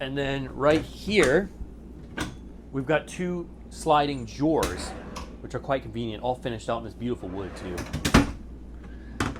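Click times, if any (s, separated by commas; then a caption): 9.2 s. Someone talks while two wooden sliding drawers under the storage in a 2008 Country Coach Intrigue 530 Jubilee motorhome are pushed closed. A sharp click sounds at 9.2 s as a drawer's brass catch locks into the cabinet frame, and the drawers are latched shut.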